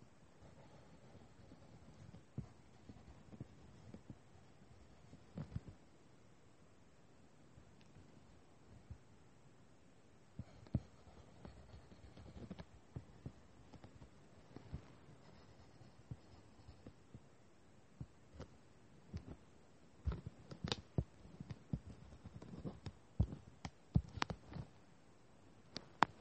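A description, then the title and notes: Pencil or pen work on paper: soft scratching strokes come in irregular bursts, with sharper taps and clicks growing more frequent after about twenty seconds. Quiet pauses separate the strokes, and a low hum sits underneath throughout. Doing homework drawing and writing sounds. Lots of writing sounds.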